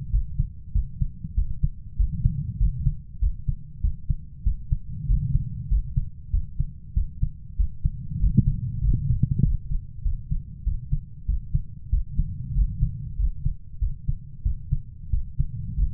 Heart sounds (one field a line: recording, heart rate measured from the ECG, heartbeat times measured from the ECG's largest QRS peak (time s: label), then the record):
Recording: heart sounds by stethoscope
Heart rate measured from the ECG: 96 bpm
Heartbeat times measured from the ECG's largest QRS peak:
0.13 s: heartbeat
0.75 s: heartbeat
1.37 s: heartbeat
1.99 s: heartbeat
2.61 s: heartbeat
3.22 s: heartbeat
3.84 s: heartbeat
4.46 s: heartbeat
5.09 s: heartbeat
5.71 s: heartbeat
6.33 s: heartbeat
6.96 s: heartbeat
7.59 s: heartbeat
8.22 s: heartbeat
8.83 s: heartbeat
9.44 s: heartbeat
10.05 s: heartbeat
10.66 s: heartbeat
11.28 s: heartbeat
11.93 s: heartbeat
12.56 s: heartbeat
13.19 s: heartbeat
13.82 s: heartbeat
14.45 s: heartbeat
15.13 s: heartbeat
15.78 s: heartbeat
From the record:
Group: healthy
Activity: rest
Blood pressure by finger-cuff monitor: 147/73 mmHg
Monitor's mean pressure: 94 mmHg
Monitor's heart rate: 96 bpm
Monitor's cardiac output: 8.7 L/min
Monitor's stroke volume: 90 mL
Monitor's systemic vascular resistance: 780 dyn s/cm5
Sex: male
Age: 21 years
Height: 175 cm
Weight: 72.6 kg